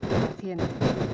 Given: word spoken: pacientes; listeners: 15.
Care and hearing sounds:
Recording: one Spanish word in noise, from a listening test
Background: noise modulated by one talker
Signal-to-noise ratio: -9.2 dB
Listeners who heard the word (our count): 1 of 15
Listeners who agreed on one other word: 6 of 15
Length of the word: 0.74 s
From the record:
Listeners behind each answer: 6, 3, 1, 1, 1, 1, 1, 1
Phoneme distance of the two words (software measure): 7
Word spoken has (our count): 3 syllables, 9 phonemes, stress on syllable 2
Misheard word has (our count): 3 syllables, 8 phonemes, stress on syllable 2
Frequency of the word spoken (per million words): 95.94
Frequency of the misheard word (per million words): 91.01

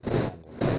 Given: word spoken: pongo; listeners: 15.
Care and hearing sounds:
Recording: one Spanish word in noise, from a listening test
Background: noise modulated by one talker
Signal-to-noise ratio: -9.0 dB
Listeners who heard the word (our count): 1 of 15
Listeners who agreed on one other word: 6 of 15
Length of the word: 0.39 s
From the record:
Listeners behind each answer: 6, 2, 1, 1, 1, 1, 1, 1, 1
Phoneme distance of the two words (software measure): 20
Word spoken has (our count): 2 syllables, 5 phonemes, stress on syllable 1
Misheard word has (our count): 2 syllables, 5 phonemes, stress on syllable 1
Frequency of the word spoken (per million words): 11.94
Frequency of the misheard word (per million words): 9.47

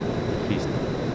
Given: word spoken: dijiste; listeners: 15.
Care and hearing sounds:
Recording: one Spanish word in noise, from a listening test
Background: speech-shaped noise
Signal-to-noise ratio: -6.5 dB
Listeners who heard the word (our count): 2 of 15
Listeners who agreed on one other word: 8 of 15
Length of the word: 0.75 s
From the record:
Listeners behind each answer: 8, 2, 1, 1, 1, 1, 1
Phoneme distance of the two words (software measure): 34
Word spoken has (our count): 3 syllables, 7 phonemes, stress on syllable 2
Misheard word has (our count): 2 syllables, 5 phonemes, stress on syllable 1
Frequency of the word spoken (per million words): 9.03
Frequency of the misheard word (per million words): 37.91

